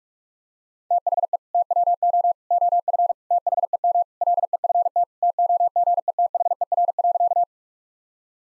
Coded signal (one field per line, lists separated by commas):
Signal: Morse code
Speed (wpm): 46 wpm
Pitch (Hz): 700 Hz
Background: none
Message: THE TWO OF THEM LEFT TOGETHER.